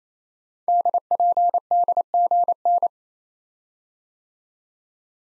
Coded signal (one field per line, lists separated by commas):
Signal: Morse code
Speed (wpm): 27 wpm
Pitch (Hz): 700 Hz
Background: none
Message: DPDGN